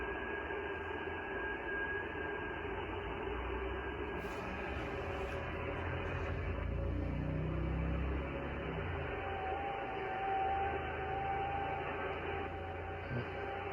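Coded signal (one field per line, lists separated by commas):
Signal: FT8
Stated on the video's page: FT8 on the 6 meter band before a storm.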